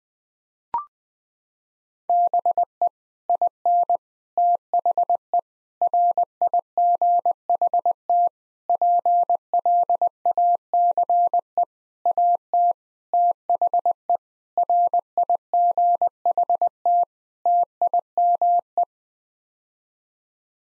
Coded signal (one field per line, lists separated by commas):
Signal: Morse code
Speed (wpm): 20 wpm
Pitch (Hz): 700 Hz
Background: none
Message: BE IN THE RIGHT PLACE AT THE RIGHT TIME